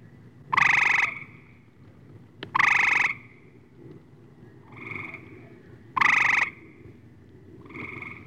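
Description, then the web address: Gray treefrog calls as three loud buzzy pulsed trills, alternating with quieter answering trills from other frogs over a low rumbling background. Several frogs calling, with others returning the call. "frog graytree croaking others returning call"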